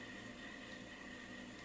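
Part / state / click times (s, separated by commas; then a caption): bobbin case into sewing machine hook/shuttle race / not seated / none. A threaded metal bobbin case is handled at a sewing machine's hook assembly and shuttle race, being pushed toward the point where its latch catches. Only a steady broadband hiss with a faint constant tone near 2 kHz is heard, with no distinct click. Nothing has seated or clicked yet.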